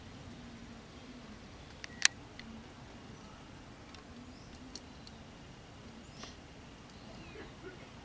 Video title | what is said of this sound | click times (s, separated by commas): YDRE SPEED BOX | hear a click and feel that it's retained the | 2.0 s